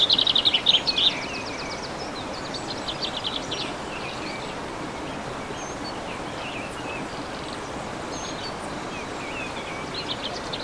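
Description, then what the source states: Bird singing: a bright rapid trill opens, followed by scattered high chirps and fainter twittering against constant background hiss. Recorded on 15 March 2014 using an MZ-N710 recorder.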